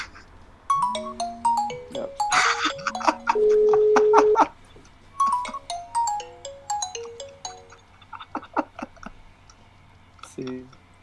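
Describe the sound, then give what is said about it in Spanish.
As a phone call is placed, a melodic phone ringtone plays a quick run of stepping, descending electronic notes with a held tone, then repeats the phrase, with light clicking noises scattered through. “Ahí va la llamada.”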